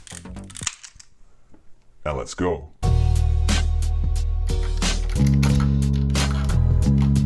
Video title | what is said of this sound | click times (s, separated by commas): Why TOYETIC Transformers are the best! - 1988 Transformers Powermasters Darkwing & Dreadwind | So, let's grab his body throttle and click him in | 0.7 s